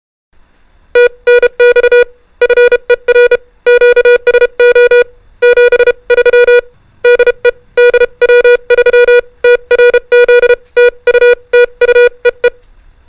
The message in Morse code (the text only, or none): TNX FER QSO 73 DE DW3TRZ TU TU EE